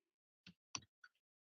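A screw is driven with a torque-limiting, constant-torque screwdriver that gives a single sharp click when the set torque is reached. A short sound at 0.5 s is followed by the loud, sharp click at 0.8 s and a fainter tick at 1.0 s, confirming the screw is tightened to the set torque.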